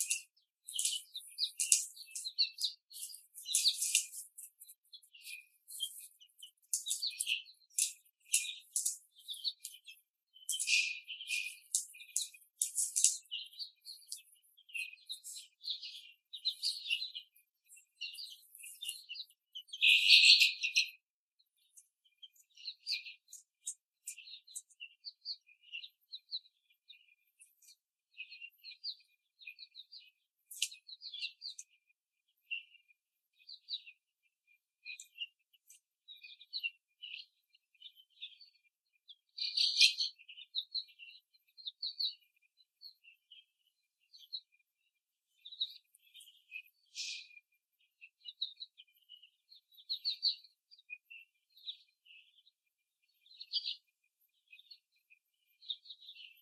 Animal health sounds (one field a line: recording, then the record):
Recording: young laying hens in a cage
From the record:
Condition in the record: after the stressor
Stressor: simulated dog barking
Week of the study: 3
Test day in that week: 1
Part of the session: 1